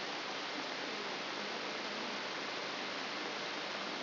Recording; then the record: brain microelectrode recording played as sound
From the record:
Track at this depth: outside the subthalamic nucleus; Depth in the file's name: 5.501 mm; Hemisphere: left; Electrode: 3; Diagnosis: Parkinson's disease